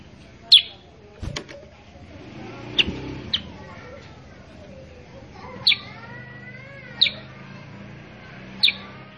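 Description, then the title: Sooty-headed bulbul calls: sharp, high chirps at irregular intervals, some followed by softer wavering whistled notes, over a quiet background hum. Tutor song for training caged birds, meant to make untrained birds respond quickly and sing vigorously (gacor). "Masteran Kutilang Sutra. MASTERAN BURUNG KUTILANG SUTRA BIKIN KUTILANG SUTRA BAHAN LANGSUNG RESPON BUNYI GACOR"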